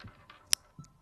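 The tongue of a clasp is pushed into its clasp box to close a chunky, graduated necklace of 37 pearls fitted with a Charlie Baron clasp. Faint ticks sound near 0.0 and 0.3 seconds, followed by one sharp, bright click at 0.5 seconds and a soft tick near 0.8 seconds. The clasp clicks shut and is seated and secure.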